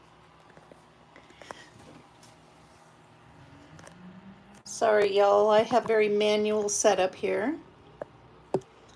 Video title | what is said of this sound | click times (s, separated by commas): Ringed with Nature | I'm just double checking to make sure my phone is clicked into place. It is. | 8.5 s